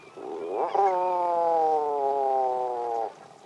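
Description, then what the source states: Tufted Puffin call: one long, low, moaning note with rich harmonics, held steady and falling slightly over more than two seconds, then stopping abruptly. Lives on remote cliffsides and islands away from people.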